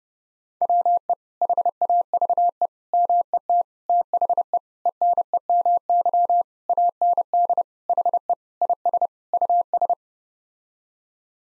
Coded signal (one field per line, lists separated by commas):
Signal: Morse code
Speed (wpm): 30 wpm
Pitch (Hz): 700 Hz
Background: none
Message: WE HAVE MET THE ENEMY AND HE IS US